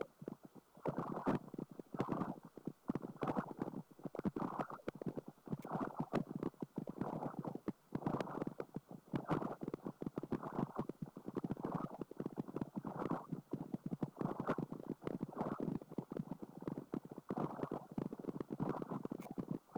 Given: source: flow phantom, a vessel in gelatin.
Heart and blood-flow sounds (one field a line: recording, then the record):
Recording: Doppler ultrasound of air bubbles in flowing water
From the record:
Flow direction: perpendicular to the transducer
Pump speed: 250 rpm (900 mL/min)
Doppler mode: pulsed wave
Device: 7 MHz transducer